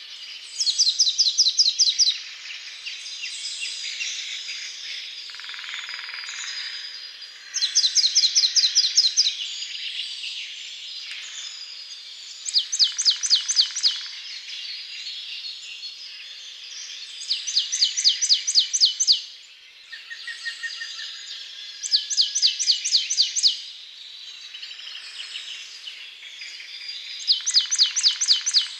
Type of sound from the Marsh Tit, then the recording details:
song. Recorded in the wild. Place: Waltershofen / Freiburg im Breisgau, Baden-Württemberg, DE. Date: 2008-04-20. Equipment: MiniDisc Sharp MT 20 H. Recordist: Schwarz, Dieter